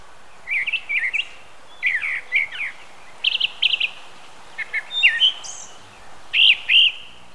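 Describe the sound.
Thrasher singing a lively series of sharp, scratchy and whistled phrases, several doubled, delivered in short bursts.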